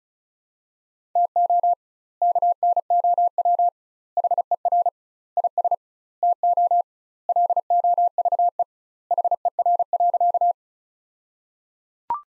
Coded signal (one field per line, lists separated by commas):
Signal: Morse code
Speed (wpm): 36 wpm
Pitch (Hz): 700 Hz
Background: none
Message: TO KNOW HER IS TO LOVE HER.